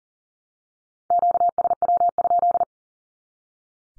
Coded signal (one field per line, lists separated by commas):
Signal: Morse code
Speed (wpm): 40 wpm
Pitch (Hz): 700 Hz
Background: none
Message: QSW?